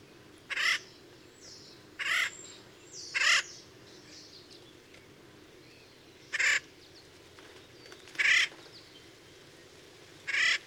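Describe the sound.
Bird giving loud, harsh cawing calls, six short raspy notes spaced irregularly, with long quiet gaps between.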